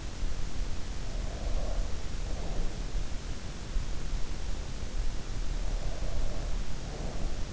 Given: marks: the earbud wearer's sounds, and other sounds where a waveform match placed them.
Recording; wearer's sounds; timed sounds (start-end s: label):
sounds in sleep by an in-ear microphone; breath
0.89-2.99 s: breath
5.58-7.53 s: breath